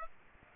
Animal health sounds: mosquito wingbeat signal from an infrared sensor; Aedes aegypti

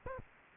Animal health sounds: mosquito wingbeat signal from an infrared sensor; Aedes aegypti

